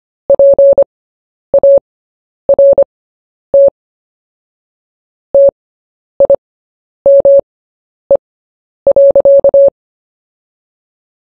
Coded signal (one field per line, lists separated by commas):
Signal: Morse code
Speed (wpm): 25 wpm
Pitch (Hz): 560 Hz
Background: none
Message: PART TIME.